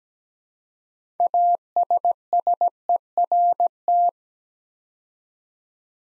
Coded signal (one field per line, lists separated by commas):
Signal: Morse code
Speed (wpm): 17 wpm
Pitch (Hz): 700 Hz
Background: none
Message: ASSERT